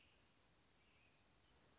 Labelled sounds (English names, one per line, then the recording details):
American Robin
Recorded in Sonoma County, California